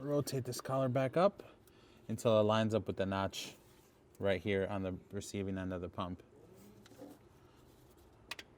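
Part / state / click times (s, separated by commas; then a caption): hose coupling onto the pump fitting / partly seated / 8.3 s. Someone talks while a line coupling with a rotating collar, its collar lined up with the notch, is pushed onto the receiving end of the pump during an air oil separator replacement on a 1999–2008 Porsche 996 911 Carrera 3.4L/3.6L. A sharp click is heard at 8.3 s, but the hose coupling is not fully seated on the pump fitting and needs a tug to check.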